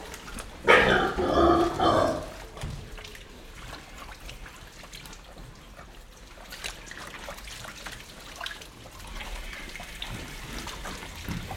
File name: pigs movement wet mud inside shed with grunts